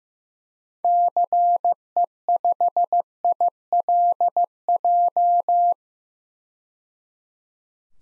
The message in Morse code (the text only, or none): CE5ILJ